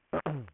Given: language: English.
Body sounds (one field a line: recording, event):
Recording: throat vibration sensor signal played as sound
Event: throat clearing